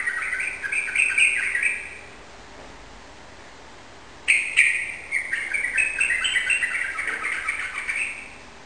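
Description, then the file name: Yellow-vented bulbul delivering two rapid bursts of bubbly, chattering song, the second longer, with a silent gap between them. Rapid song in the 'ropel' style, recorded indoors in a room; local Indonesian name trucukan. "suara burung trucukan ropel di ruangan"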